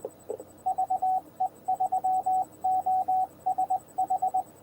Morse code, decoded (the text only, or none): VE3OSH